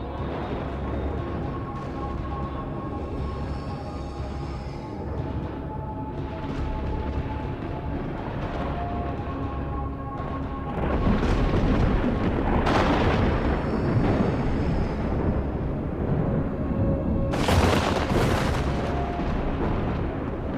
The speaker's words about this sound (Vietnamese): Tiếng lôi điện lẹt đẹt, to dần to dần. Trên không trung, những trụ thần lôi như là cột đình ầm ầm bổ xuống một cách đáng sợ.